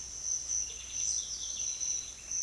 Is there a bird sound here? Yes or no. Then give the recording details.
yes. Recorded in secondary vegetation near Puerto Asís, Putumayo, Colombia, on 22 June 2025 at 07:00. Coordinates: 0.500, -76.326. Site GP08